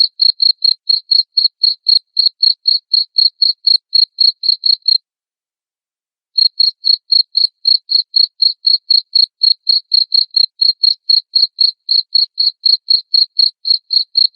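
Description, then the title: Cricket chirps in a rapid regular series, a pause of about a second and a half, then a long steady run of chirps again. Loud chirping cricket sound used to stimulate lovebirds into singing continuously. "Suara JANGKRIK NGERIK Keras Bikin LOVEBIRD Jadi NGEKEK Terus"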